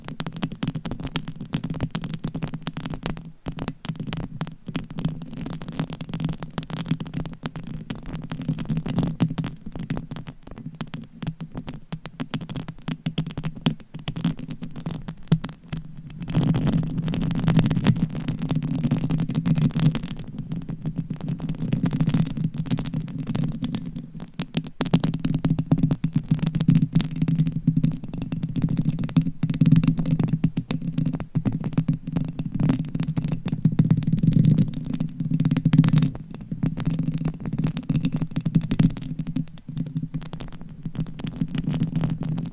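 Microphone scratching fills the whole clip as a dense, continuous rubbing texture, heavy in the low-middle range with a muffled, covered sound. Rapid strokes flicker throughout without pause, briefly thinning near sixteen and twenty-four seconds before resuming just as thick.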